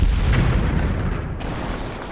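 A deep, rumbling explosion sound effect of six or seven black projectiles bursting in the sky, with a sharp initial blast that rolls into a sustained low roar, loud throughout and slowly tapering, with no voices.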